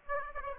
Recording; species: mosquito wingbeat signal from an infrared sensor; Aedes aegypti